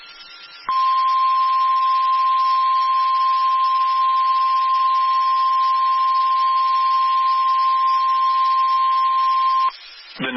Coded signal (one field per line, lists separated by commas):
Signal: Emergency Alert System (SAME) tones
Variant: 1050 Hz attention tone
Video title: Short But Sweet EAS Alerts From 5/12/24 EAS #641-651